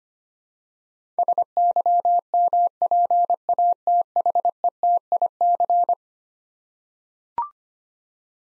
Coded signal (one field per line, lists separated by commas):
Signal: Morse code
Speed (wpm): 25 wpm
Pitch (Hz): 700 Hz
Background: none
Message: SYMPATHETIC